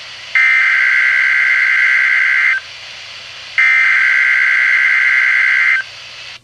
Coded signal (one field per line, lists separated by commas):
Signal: Emergency Alert System (SAME) tones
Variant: header bursts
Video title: Flash Flood Watch for the Remnants of Tropical Storm Harvey (EAS #279)